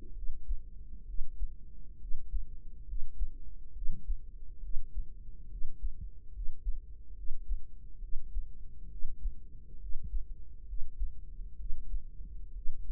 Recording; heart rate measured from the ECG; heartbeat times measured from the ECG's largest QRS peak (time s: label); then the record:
heart sounds by microphone in the right ear; 68 bpm
0.12 s: heartbeat
1.03 s: heartbeat
1.96 s: heartbeat
2.84 s: heartbeat
3.71 s: heartbeat
4.59 s: heartbeat
5.47 s: heartbeat
6.30 s: heartbeat
7.13 s: heartbeat
7.98 s: heartbeat
8.87 s: heartbeat
9.77 s: heartbeat
10.64 s: heartbeat
11.55 s: heartbeat
12.51 s: heartbeat
From the record:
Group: healthy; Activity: rest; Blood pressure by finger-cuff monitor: 106/64 mmHg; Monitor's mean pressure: 76 mmHg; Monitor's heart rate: 67 bpm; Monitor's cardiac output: 5.5 L/min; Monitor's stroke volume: 82 mL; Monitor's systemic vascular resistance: 1010 dyn s/cm5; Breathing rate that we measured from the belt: 16 breaths a minute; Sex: female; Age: 23 years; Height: 160 cm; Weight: 50.4 kg